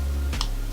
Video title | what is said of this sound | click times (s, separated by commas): UWELL Caliburn KOKO POD | press it thinking that you're going to break it until it clicks. | 0.4 s